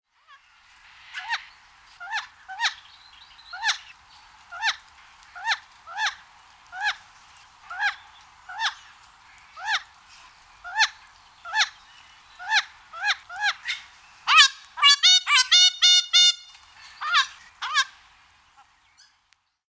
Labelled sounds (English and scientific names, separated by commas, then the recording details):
Horned Parakeet (Eunymphicus cornutus)
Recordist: Tembrock, Günter
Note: Rufe eines Paares